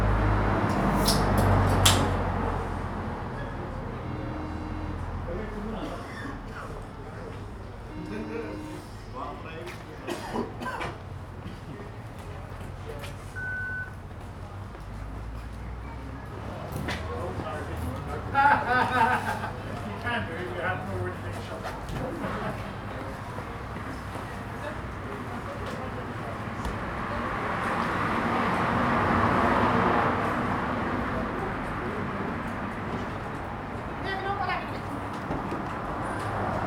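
On the pavement outside a small bar in a narrow street, voices chatter steadily as people pass. A low rumble of traffic sits underneath, swelling louder near the start and again around thirty seconds, with scattered clicks, footsteps and a brief high tone.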